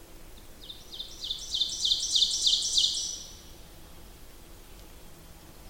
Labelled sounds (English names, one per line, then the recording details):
Ovenbird song
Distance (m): 20 m
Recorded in boreal forest in Alberta, Canada, on 8 June 2016 at 08:49
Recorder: SongMeter 3, array SBT-3-9
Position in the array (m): 166 m, 150 m
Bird 35